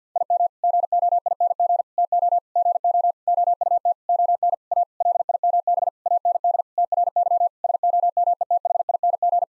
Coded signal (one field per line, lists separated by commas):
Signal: Morse code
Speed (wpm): 50 wpm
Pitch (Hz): 700 Hz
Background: none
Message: IM GOING TO GO OUT ON A LIMB AND TRY SOMETHING